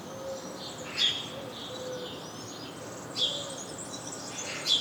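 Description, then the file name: House sparrow call, three bright chirps spaced irregularly, with soft background noise. "Passer domesticus"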